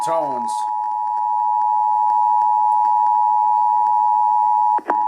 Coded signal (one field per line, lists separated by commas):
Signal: Emergency Alert System (SAME) tones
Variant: 853 and 960 Hz attention tone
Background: speech